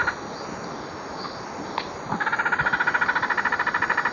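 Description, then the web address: Dusky Spinetail giving one fast pulsed chatter that starts midway and runs steadily to the end, over steady background noise. Recorded in Ecuador. "Birds of Ecuador. Dusky Spinetail"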